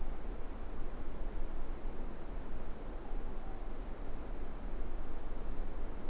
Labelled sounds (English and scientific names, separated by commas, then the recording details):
Morepork (Ninox novaeseelandiae) more-pork call
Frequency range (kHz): Morepork (Ninox novaeseelandiae) 0.5-1.2 kHz
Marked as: faintness 5/5
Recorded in New Zealand
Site Eglinton